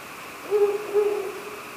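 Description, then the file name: Ural owl giving two low hoots in quick succession, the second drawn out and fading, with steady hiss behind. "fukuro"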